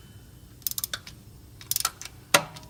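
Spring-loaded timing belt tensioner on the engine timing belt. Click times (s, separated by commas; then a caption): 2.3 s. On a 2000 Ford Ranger 2.5L engine, the locked bolt on the spring-loaded metal timing belt tensioner is loosened with a wrench, and several sharp metallic clicks are heard around 0.7 s and 1.7–1.9 s as the bolt breaks loose. At 2.4 s the tensioner is released and snaps back onto the new timing belt with a loud, sharp snap, putting tension on the belt.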